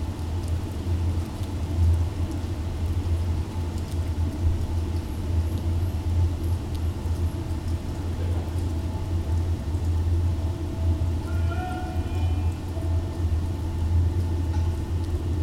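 A deep, steady rumble, like traffic or an aircraft, dominates the view from an office window and barely changes. Faint high fizzing sits above it, and around eleven to thirteen seconds a few brief, thin tones, likely birds, briefly rise through.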